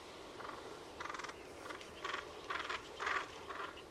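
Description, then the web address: Bird calls: rough, clipped notes repeated in quick irregular runs, some louder and fuller near the end, against a constant hissing background. "cianscape. Deverinetal 2025. Bird Only"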